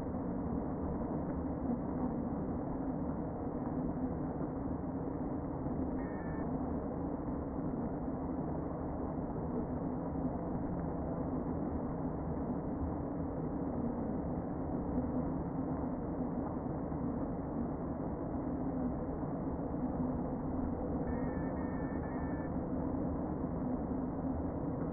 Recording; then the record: honeybee colony, microphone inside the hive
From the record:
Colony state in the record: queen present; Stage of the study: before two queens were removed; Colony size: about 60,000 bees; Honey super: yes